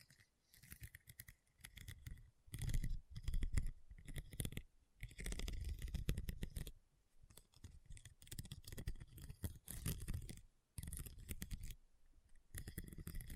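Rhinestones tapped and scratched in quick bursts of dense, crisp clicking and scraping, with short pauses between rapid textured stretches throughout.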